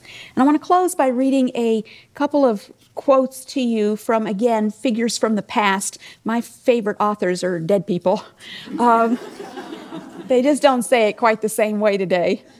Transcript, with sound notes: I want to close by reading a couple of quotes to you, again, from figures from the past. My favorite authors are dead people. (Laughter) They just don’t say it quite the same way today.